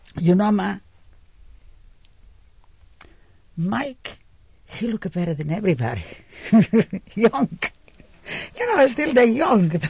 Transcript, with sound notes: "You know, Ma, Mike, he look better than everybody. Young." ( she laughs ) You know, still they're young.